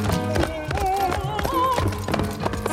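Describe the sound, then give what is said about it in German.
The horses of a robber band charging in a surprise attack: hooves clip-clop in a quick, steady galloping rhythm, with sustained melodic tones that waver and glide playing loudly alongside them. “Aufs Pferd. Galopp. Überraschungsangriff.”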